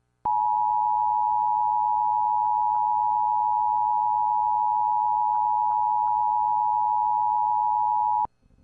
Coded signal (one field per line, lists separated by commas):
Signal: Emergency Alert System (SAME) tones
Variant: 853 and 960 Hz attention tone